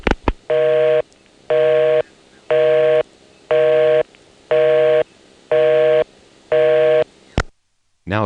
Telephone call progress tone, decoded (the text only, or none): busy tone